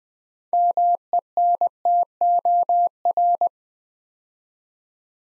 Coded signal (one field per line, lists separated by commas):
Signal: Morse code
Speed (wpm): 20 wpm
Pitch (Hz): 700 Hz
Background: none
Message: MENTOR